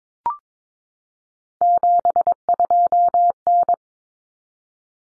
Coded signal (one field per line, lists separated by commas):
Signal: Morse code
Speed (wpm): 22 wpm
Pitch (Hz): 700 Hz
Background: none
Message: 72N